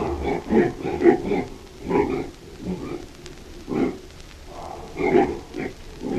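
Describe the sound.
Hamadryas baboon giving several low grunts in short separate bursts over a quiet background.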